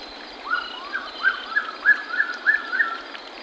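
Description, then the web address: Lyre-tailed nightjar uttering a quick string of about eight short slurred notes over a continuous high-pitched background hum. Recorded in Ecuador. "S America Birds of Ecuador. Lyre-tailed nightjar"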